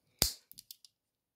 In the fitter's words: just like that you snap them in place that's better so you can always move it